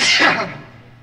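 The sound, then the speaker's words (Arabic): A single sudden sneeze, a sharp breathy burst of hiss that peaks quickly and then trails off into quiet over about a second. “رحمك الله.”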